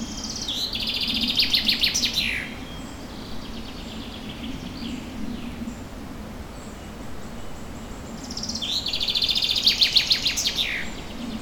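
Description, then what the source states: Bird song in two bursts about eight seconds apart, each a fast high trill ending in a downward sweep, over a constant hiss of background noise. Recorded in a forest, with forest ambience.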